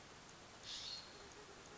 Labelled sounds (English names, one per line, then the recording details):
California Scrub-Jay
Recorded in Sonoma County, California